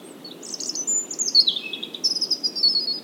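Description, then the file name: European robin delivering one continuous high phrase of liquid, tumbling notes that dip lower midway, then finish with a thin sustained trill. "Erithacus rubecula"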